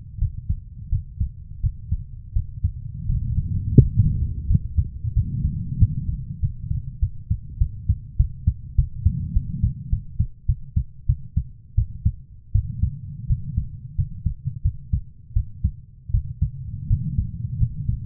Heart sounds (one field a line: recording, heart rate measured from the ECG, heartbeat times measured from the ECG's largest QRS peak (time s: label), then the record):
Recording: heart sounds by stethoscope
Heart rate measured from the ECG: 90 bpm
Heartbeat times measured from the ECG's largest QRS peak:
0.18 s: heartbeat
0.89 s: heartbeat
1.60 s: heartbeat
2.33 s: heartbeat
3.06 s: heartbeat
3.76 s: heartbeat
4.47 s: heartbeat
5.14 s: heartbeat
5.78 s: heartbeat
6.40 s: heartbeat
6.99 s: heartbeat
7.58 s: heartbeat
8.17 s: heartbeat
8.76 s: heartbeat
9.33 s: heartbeat
9.90 s: heartbeat
10.46 s: heartbeat
11.06 s: heartbeat
11.75 s: heartbeat
12.52 s: heartbeat
13.27 s: heartbeat
13.96 s: heartbeat
14.62 s: heartbeat
15.33 s: heartbeat
16.11 s: heartbeat
16.88 s: heartbeat
17.58 s: heartbeat
From the record:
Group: healthy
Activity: Valsalva maneuver 0-5 s, rest 5-18 s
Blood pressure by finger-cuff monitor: 124/76 mmHg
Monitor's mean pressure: 96 mmHg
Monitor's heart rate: 87 bpm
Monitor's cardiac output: 7.2 L/min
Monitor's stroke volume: 77 mL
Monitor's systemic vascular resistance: 920 dyn s/cm5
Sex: female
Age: 24 years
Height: 163 cm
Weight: 55.7 kg